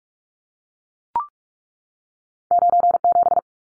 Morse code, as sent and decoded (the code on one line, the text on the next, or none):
----. --...
97